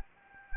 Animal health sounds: mosquito wingbeat signal from an infrared sensor; Anopheles gambiae

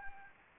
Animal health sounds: mosquito wingbeat signal from an infrared sensor; Anopheles arabiensis

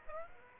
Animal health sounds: mosquito wingbeat signal from an infrared sensor; Aedes aegypti

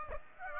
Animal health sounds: mosquito wingbeat signal from an infrared sensor; Aedes aegypti

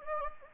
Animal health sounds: mosquito wingbeat signal from an infrared sensor; Anopheles gambiae

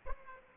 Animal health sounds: mosquito wingbeat signal from an infrared sensor; Aedes aegypti

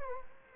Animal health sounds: mosquito wingbeat signal from an infrared sensor; Culex quinquefasciatus

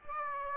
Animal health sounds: mosquito wingbeat signal from an infrared sensor; Aedes aegypti

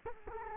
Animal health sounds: mosquito wingbeat signal from an infrared sensor; Culex quinquefasciatus

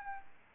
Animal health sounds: mosquito wingbeat signal from an infrared sensor; Aedes albopictus

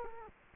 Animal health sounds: mosquito wingbeat signal from an infrared sensor; Culex quinquefasciatus

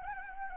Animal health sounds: mosquito wingbeat signal from an infrared sensor; Anopheles arabiensis

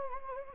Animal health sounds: mosquito wingbeat signal from an infrared sensor; Anopheles gambiae

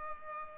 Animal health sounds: mosquito wingbeat signal from an infrared sensor; Culex pipiens

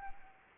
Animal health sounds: mosquito wingbeat signal from an infrared sensor; Anopheles arabiensis

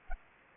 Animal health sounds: mosquito wingbeat signal from an infrared sensor; Anopheles gambiae

